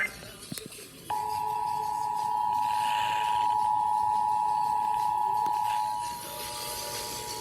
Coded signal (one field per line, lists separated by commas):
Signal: Emergency Alert System (SAME) tones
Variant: 853 and 960 Hz attention tone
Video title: National EAS Test 2023 | EAS #160-161